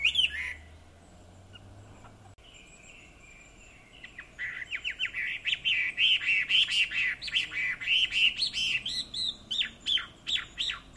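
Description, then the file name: Chinese hwamei song, starting with a brief whistle, then a quiet pause, then a fast series of bright, repeated whistled notes that continues to the end. "Garrulax canorus"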